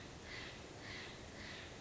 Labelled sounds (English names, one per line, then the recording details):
Steller's Jay
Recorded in Sonoma County, California